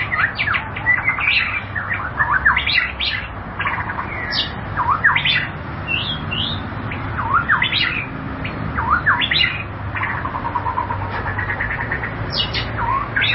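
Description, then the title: White-rumped shama song, a rich, rapid medley of sweeping whistles, chirps and downslurred notes delivered in bursts, over steady low background noise. "Kicau Murai Batu"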